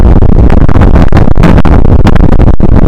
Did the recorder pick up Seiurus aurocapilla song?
no